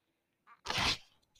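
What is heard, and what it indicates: A soft click is followed by a single breathy whoosh of air lasting about a third of a second, then quiet. This is the puff of a home ventilator delivering a breath.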